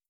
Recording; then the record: hydrophone in a shrimp aquaculture tank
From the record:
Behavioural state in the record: starved